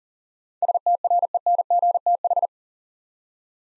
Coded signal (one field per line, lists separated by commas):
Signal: Morse code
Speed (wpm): 40 wpm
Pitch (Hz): 700 Hz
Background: none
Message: STRENGTH